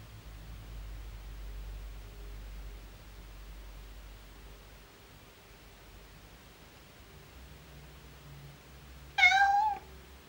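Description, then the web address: Domestic cat giving a single short miaow near the end, after a long stretch of quiet low hum. "BBC Cats BBC"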